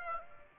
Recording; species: mosquito wingbeat signal from an infrared sensor; Aedes aegypti